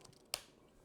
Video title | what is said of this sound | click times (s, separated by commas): Godox WEC-S Kit2 Review & Setup - Best Wireless Microphone System for Content Creators | And that clicking sound is how you know | 0.3 s